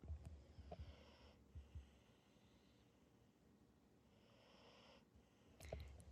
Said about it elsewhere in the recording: I have everybody snoring near me. that is a happy dog. I just had a very long walk with them and I took the longest path I could do for Mac.